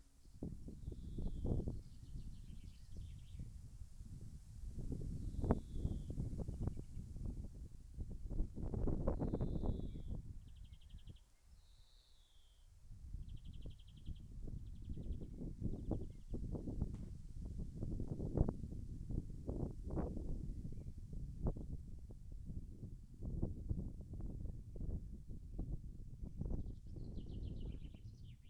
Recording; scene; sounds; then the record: everyday scene through a hearing-aid microphone; wind on the microphone; wind, birds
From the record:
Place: in front of a rural house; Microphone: behind the ear, left, rear